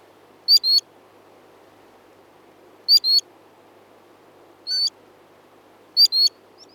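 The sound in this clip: Bird song of very high, thin whistled notes in four short bursts, mostly paired, at irregular intervals over a quiet background.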